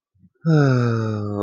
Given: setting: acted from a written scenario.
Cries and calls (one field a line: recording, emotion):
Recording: vocal sound without words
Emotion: sadness